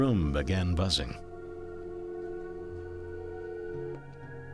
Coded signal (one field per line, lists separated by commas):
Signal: telephone call progress tone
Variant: North America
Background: speech, music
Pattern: dial tone